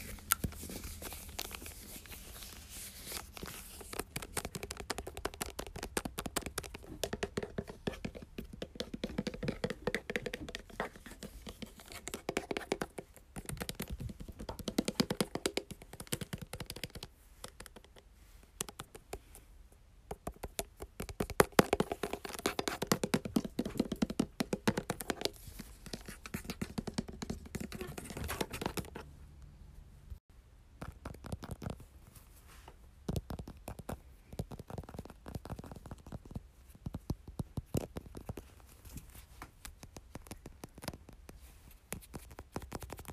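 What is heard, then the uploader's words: Bottle tapping runs through the whole stretch: quick, dense clicks and knocks that come in bursts with short breaks, notably around 13, 20 and 30 seconds. The taps sound hard and bright, with a faint low hum underneath and an uneven, irregular rhythm. Bottle tapping.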